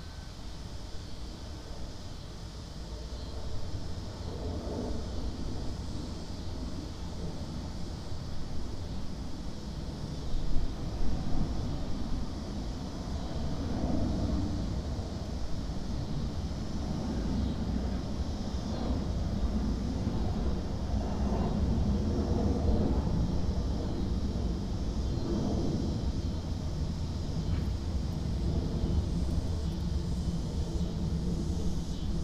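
Airplanes rumble low and steady overhead across an airport parking lot, with a high cicada drone holding constant and occasional brief knocks.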